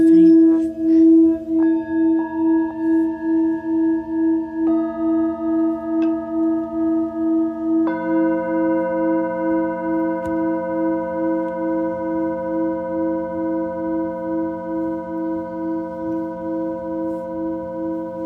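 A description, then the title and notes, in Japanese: A singing bowl hums steadily, its low tone pulsing in a regular slow beat while higher ringing tones join in stages and sustain. メキシコから シンギングボウルのサウンドヒーリング ライブ。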